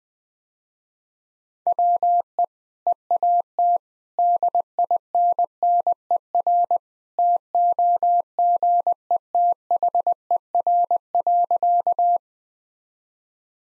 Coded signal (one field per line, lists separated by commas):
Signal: Morse code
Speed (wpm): 20 wpm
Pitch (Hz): 700 Hz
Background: none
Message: WE EAT DINNER TOGETHER.